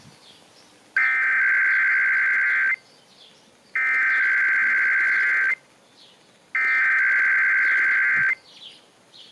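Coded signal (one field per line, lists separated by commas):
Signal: Emergency Alert System (SAME) tones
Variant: header bursts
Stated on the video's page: Required monthly tests relayed by San Francisco AM and FM broadcast stations.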